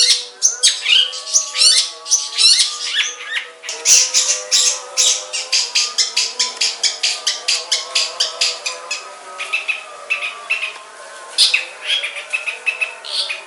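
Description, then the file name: Long-tailed shrike song of rapid harsh, scratchy notes tumbling together, then settling into a steady run of quick rasping chatters. Banyuwangi and Madura song styles. "Suara Cendet Banyuwangi dan Madura"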